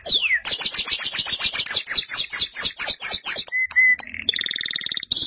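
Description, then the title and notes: Canary song: a rapid run of downward-sweeping whistled notes, then a clear steady whistle and lower rolling buzzy trills. "BM Suara Kenari. BM Suara Burung Kenari"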